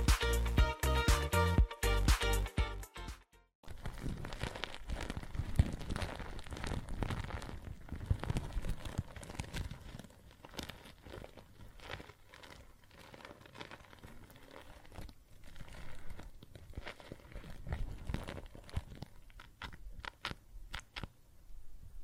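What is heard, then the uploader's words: Soap foam fizzes and crackles steadily with dense, tiny pops, after a brief loud, choppy burst of ringing tones in the first few seconds. Sharper clicks and bubbly crunches surface now and then, growing busier near the end. ASMR Relaxing Water and Soap Foam Sounds (No Talking).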